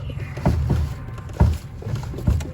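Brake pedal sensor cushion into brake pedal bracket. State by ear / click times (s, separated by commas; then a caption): not seated / none. A replacement small part, likely the rubber brake pedal sensor cushion, is pressed by hand into its mount on the brake pedal bracket of a Toyota Supra MKIV; the original broke off by accident when the brake pedal was taken apart. Short, sharp handling knocks are heard at about 0.5, 1.4, 2.0 and 2.4 seconds over a low rumble. The part has not snapped into place yet; nothing has seated by the end of the clip.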